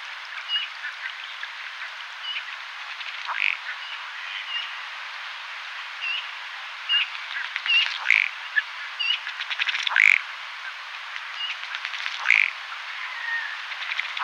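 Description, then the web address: Ruddy duck: scattered dry ticking notes with several short, louder burping calls. "hdykstra rosse-stekelstaart"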